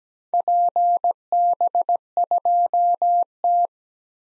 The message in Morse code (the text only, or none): PB2T